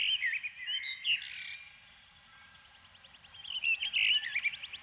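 Canary song in two short bursts, bright chirps and a quick trill, then a pause, then rapid rolling notes again, with a faint hum beneath.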